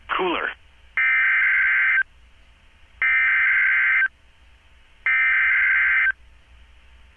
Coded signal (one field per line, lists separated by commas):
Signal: Emergency Alert System (SAME) tones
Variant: header bursts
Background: speech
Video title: (EAS#175) Special Marine Warning